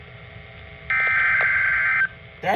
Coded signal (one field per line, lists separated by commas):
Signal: Emergency Alert System (SAME) tones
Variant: header bursts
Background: speech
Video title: WHEN RUSKIN TAKES FOREVER TO TOR - EAS Alerts from Mid June 2025 (EAS #582 - 597)